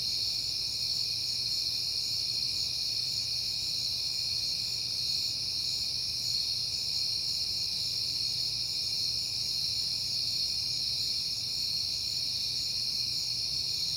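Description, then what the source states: Crickets trilling in a constant, even, high buzz that never pauses, with a quiet low background drone. Crickets recorded at night in September, on a peaceful night.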